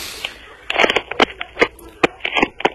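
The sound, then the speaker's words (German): A charger plug fumbled into a wall socket to recharge a low battery: a quick run of irregular clicks, scrapes and plastic rattles, with a few sharper snaps standing out, and no voices. “Ich muss mal ganz schnell an die Steckdose.”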